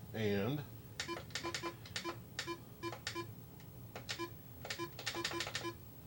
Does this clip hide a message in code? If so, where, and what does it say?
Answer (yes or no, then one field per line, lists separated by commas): no